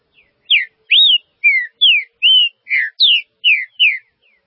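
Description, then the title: Green-winged saltator song: about nine loud, clear whistled notes in quick succession, arched and falling slurs. "Trinca Ferro"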